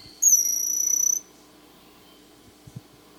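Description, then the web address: Bronze-olive pygmy-tyrant giving a single very high, thin, slightly trilled note lasting about one second. Recorded in Ecuador. "Birds of Ecuador. Bronze-olive Pygmy-Tyrant"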